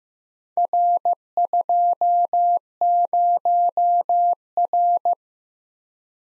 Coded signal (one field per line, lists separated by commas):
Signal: Morse code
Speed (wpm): 15 wpm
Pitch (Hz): 700 Hz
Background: none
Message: R20R